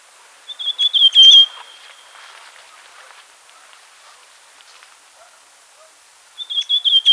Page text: Rufous Sibia Calls and Song. Quick Sounds